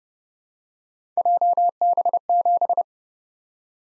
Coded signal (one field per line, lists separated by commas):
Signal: Morse code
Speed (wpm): 30 wpm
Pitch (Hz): 700 Hz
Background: none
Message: JB7